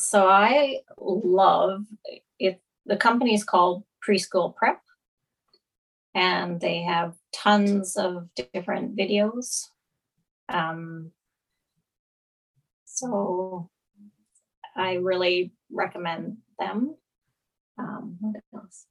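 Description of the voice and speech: An adult stroke survivor with aphasia speaks slowly in short, simple phrases broken by long pauses of up to two seconds, with drawn-out words and 'um' fillers between phrases. This halting, effortful delivery with word-finding hesitations fits aphasia after a stroke.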